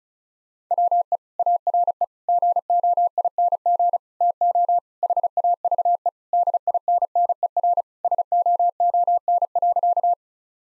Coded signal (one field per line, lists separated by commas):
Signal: Morse code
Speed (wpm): 34 wpm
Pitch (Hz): 700 Hz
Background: none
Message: WE ARE GOING TO HAVE DINNER SOON.